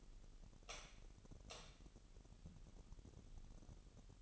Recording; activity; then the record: daily activity, microphone in the room; light on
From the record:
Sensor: 4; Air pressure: 989.1 hPa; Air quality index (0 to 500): 210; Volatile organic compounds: 59 ppm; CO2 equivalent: 3401 ppm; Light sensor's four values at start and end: 25/82/31/31 and 28/94/35/36